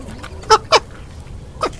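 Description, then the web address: Muscovy duck uttering three short, harsh honking notes, two in quick succession and a third after a pause. "Muscovy duck. صدای-اردک-مسکویی"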